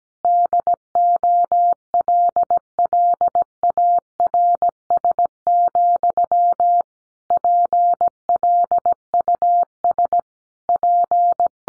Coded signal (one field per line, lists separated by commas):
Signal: Morse code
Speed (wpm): 17 wpm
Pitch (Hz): 700 Hz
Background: none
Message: DOLLARS, PLUS P